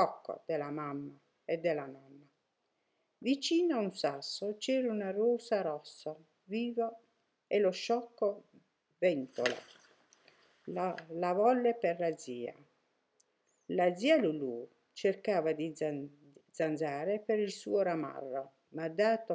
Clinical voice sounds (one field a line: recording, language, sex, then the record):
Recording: read passage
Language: Italian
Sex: female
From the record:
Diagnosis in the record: healthy control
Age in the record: 63 years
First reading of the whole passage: 70 s, 6.7 characters per second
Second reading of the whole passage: 71 s, 6.6 characters per second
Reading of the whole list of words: 45 s, 6.3 characters per second